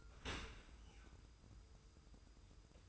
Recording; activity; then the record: daily activity, microphone in the room; open dishwasher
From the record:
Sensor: 2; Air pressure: 990.3 hPa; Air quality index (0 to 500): 207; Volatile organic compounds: 1000 ppm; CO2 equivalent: 6629 ppm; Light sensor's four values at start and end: 25/58/24/24 and 25/58/24/24